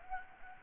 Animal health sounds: mosquito wingbeat signal from an infrared sensor; Anopheles gambiae

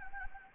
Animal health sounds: mosquito wingbeat signal from an infrared sensor; Anopheles gambiae

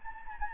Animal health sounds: mosquito wingbeat signal from an infrared sensor; Anopheles gambiae

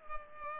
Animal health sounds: mosquito wingbeat signal from an infrared sensor; Culex pipiens

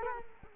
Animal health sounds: mosquito wingbeat signal from an infrared sensor; Culex quinquefasciatus

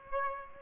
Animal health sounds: mosquito wingbeat signal from an infrared sensor; Aedes aegypti

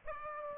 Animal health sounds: mosquito wingbeat signal from an infrared sensor; Aedes aegypti

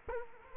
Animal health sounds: mosquito wingbeat signal from an infrared sensor; Culex quinquefasciatus

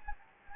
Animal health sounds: mosquito wingbeat signal from an infrared sensor; Anopheles gambiae

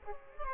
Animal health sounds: mosquito wingbeat signal from an infrared sensor; Aedes aegypti

